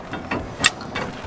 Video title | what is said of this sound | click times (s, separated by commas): Here's The Right (And WRONG) Way To Set Up Your Trailer When Towing! | and they snap into place | 0.7 s